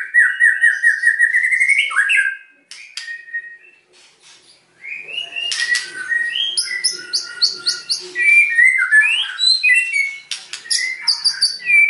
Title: PANCINGAN MURAI BATU GACORSEKALI DENGAR AMPUH LANGSUNG RESPON